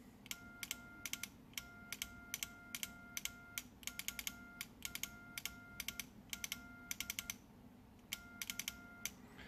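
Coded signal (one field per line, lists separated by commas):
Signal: Morse code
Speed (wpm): 13 wpm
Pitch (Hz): 1400 Hz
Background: none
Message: G0UPL K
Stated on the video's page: Morse from a QRP Labs 5W monoband CW transceiver kit.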